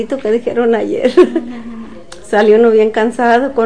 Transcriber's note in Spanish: risas